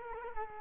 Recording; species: mosquito wingbeat signal from an infrared sensor; Culex quinquefasciatus